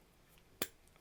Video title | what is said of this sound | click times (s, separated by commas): Gregs DIY Tech Episode 6 How to crimp and terminate RG-6 and RG-59+PWR (18/2) Coax Cables | And you hear that little click noise. Now that connector's on rock solid. | 0.6 s